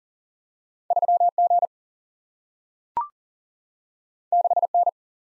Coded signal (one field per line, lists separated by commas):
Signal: Morse code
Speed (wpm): 42 wpm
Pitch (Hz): 700 Hz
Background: none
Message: 3G 6N